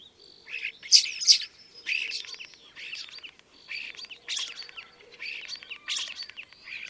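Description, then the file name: Common starling song, a run of short, varied phrases: wheezy whistles, rattling clicks and sharp high notes, delivered in quick bursts with brief gaps between them. "life dviete. sturnus vulgaris"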